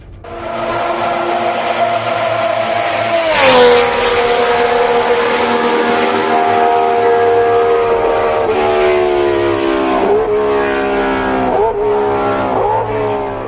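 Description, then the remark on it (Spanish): A race car engine screams at full throttle through the fast left-hand Tamburello curve at over 300 km/h, with a sharp swoop in pitch early on, then steady climbing revs broken by several quick gear shifts, loud and continuous with no voices. “Un rápido giro de izquierdas y si llevas el coche bien arreglado se puede hacer a fondo, como si fuera una recta.”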